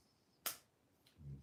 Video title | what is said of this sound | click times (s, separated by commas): LEGO Build #42223-part III #ford #lego #ilovelego #fastcars #thecramps #fordgt40MKII | Okay, that's snaps into place. | 0.5 s